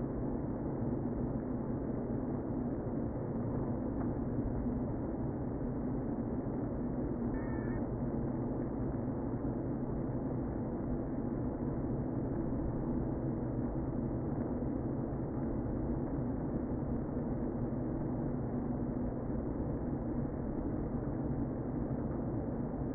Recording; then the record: honeybee colony, microphone inside the hive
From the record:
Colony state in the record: queen present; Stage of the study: before two queens were removed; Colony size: about 60,000 bees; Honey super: yes